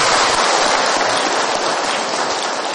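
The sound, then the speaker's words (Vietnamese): A crowd of Buddhist followers at a meditation hall applauds steadily during a dharma talk, many hands clapping in a dense, continuous wash of sound that stays loud and even throughout, with no voices standing out. “Cho nên thầy xin đề nghị tất cả mọi người cho một tràng pháo tay để mà chỉnh lại tinh thần.”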